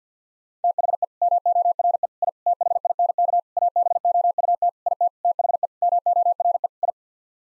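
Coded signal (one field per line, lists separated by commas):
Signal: Morse code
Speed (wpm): 50 wpm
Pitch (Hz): 700 Hz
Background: none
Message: THE MORE I THINK ABOUT IT THE MORE I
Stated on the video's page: Morse code practice at 50 wpm, nine-word groups for head-copying.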